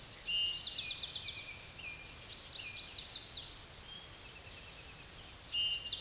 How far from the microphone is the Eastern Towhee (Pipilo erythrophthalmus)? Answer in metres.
about 25 m